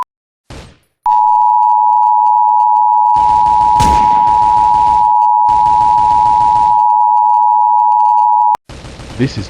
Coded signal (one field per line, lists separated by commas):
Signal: Emergency Alert System (SAME) tones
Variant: 853 and 960 Hz attention tone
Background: speech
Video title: Blue Moon - EAS SCENARIO #10